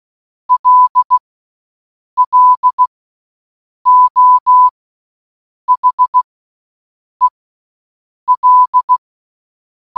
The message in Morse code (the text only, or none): LLO HEL